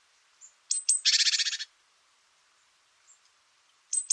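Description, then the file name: Great tit calls: a couple of thin high notes, then one buzzy rattling churr, and more thin high notes at the end. "BOGATKA"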